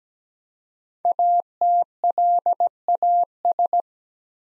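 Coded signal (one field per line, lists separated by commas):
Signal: Morse code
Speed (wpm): 17 wpm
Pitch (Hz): 700 Hz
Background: none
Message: ATLAS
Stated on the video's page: Morse code practice set of easy words with contextual hints at 17 wpm.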